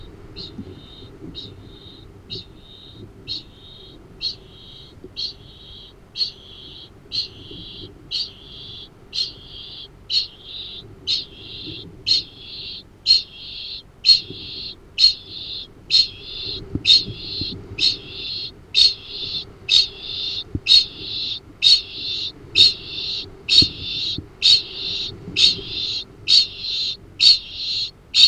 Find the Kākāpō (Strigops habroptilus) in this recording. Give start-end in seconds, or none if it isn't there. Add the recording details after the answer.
0.00-28.27. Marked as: faintness 3/5, faintness 1/5. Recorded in New Zealand. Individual Arab